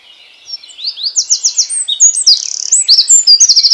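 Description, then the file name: Eurasian wren song: a loud, rapid burst of very high, sharp notes and fast trills, including a dry buzzy rattle mid-phrase, running for about three seconds. "Troglodytes troglodytes"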